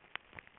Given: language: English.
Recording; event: throat vibration sensor signal played as sound; swallow